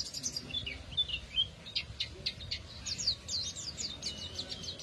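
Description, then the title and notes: Canary song, a thin run of high chirps, quick sweeping notes and short trills, fairly faint over a low background hiss. Therapy recording meant to get a canary that has stopped singing to sing again; F1 canary. "TERAPI KENARI MACET. Kenari F1"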